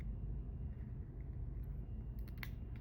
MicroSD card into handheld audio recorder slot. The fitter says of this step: you want to hear it click and you can close